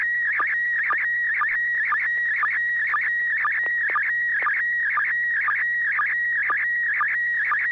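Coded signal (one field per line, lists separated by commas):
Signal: SSTV (slow-scan television)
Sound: warbling tone around 1.9 kHz with short low chirps about every half second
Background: steady low hum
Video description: The River City ARCS SSTV Net is held Wednesday evenings at 9:00 PM Pacific Time on the N6NA FM repeater on 441.300 MHz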